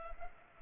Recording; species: mosquito wingbeat signal from an infrared sensor; Culex pipiens